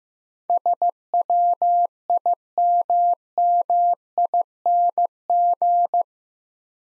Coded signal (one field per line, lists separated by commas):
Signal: Morse code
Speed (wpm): 15 wpm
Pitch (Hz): 700 Hz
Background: none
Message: SWIMMING